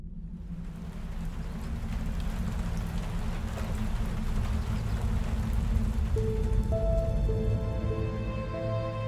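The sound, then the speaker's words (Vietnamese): Heavy early-season rain pours down in a steady, dense hiss with a deep rumbling undertone, unbroken throughout; in the last few seconds soft sustained musical tones rise over the downpour. “Mỗi lần cơn mưa đầu mùa trút xuống sớm lẹo là cơn đau nhức xương khớp lại hành hạ bà Ngân”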